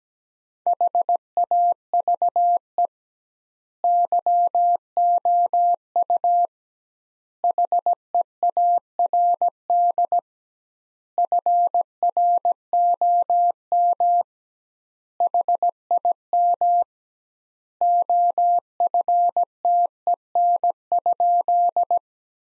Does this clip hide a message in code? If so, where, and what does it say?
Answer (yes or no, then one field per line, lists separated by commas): yes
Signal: Morse code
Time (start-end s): 0.7-22.0 s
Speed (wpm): 17 wpm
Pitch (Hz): 700 Hz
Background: none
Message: HAVE YOU HEARD FROM HIM OFTEN?